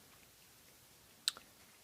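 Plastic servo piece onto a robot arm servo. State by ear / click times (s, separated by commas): seated / 1.3 s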